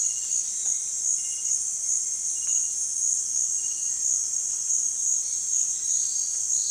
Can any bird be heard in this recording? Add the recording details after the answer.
no. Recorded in dense forest near Puerto Asís, Putumayo, Colombia, on 25 June 2025 at 17:00. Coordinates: 0.466, -76.327. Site GP04